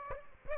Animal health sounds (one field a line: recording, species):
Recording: mosquito wingbeat signal from an infrared sensor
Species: Aedes aegypti